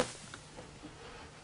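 A power cord plug is handled at the socket on the back of an AlkaViva/IonWays Vesta GL-988 water ionizer, a plug that only fits one way and snaps into place. A faint handling rustle is heard with a brief, light tap near 0.3 s. The clip ends before the plug goes home, and nothing has seated or clicked yet.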